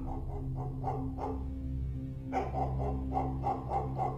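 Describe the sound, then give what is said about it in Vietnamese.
A dog barks in the distance outside, by an empty lane at night, in short, repeated bursts, pauses for about a second, then starts again with another run of yaps over a steady low hum. “Chỉ còn lại con ngõ vắng, kèm theo tiếng chó sủa nhấm nha nhấm nhằng ở ngoài kia.”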